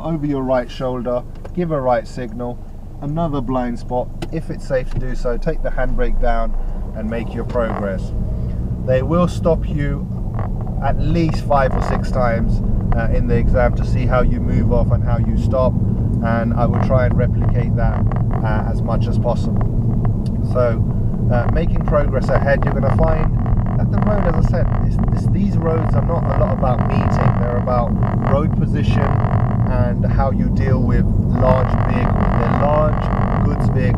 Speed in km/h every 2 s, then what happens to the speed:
0, 0, 10, 18, 19, 27, 32, 34, 35, 37, 37, 39, 39, 39, 37, 39, 39.
0-2 standing. 2-22 pulls away to 39. 22-34 steady at about 39.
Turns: none.